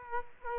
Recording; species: mosquito wingbeat signal from an infrared sensor; Culex quinquefasciatus